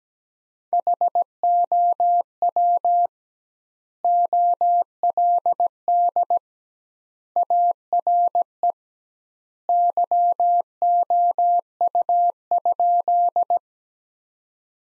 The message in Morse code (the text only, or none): HOW OLD ARE YOU?